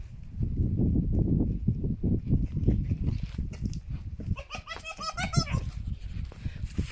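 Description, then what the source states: Fox bursts into about a second of quick, cackling yelps near the end, after a stretch of low rumbling noise. Fox described as laughing.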